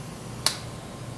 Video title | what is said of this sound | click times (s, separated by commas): How to Cook White Basmati Rice in an Instant Pot or Multi Cooker | just click did you hear that that means it's safe to open | 0.5 s